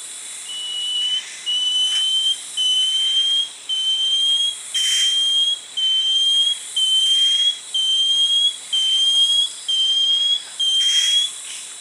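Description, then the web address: Banded antbird song, about ten clear, slightly rising whistled notes given roughly once per second over a constant high background drone. Song recorded in the eastern lowlands of South America. "Nature Songs S America Eastern Lowlands Dichrozona cincta, song"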